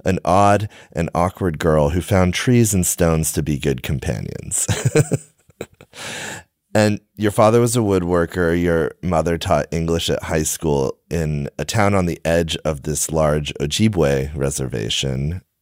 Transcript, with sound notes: “an odd and awkward girl who found trees and stones to be good companions.” [Laughs] Your father was a woodworker; your mother taught English at high school in a town on the edge of this large Ojibwe reservation.